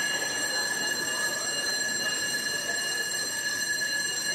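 A shrill electric hotel bell rings without pause, a piercing high-pitched tone with a steady metallic buzz that holds at the same loudness throughout. No one speaks.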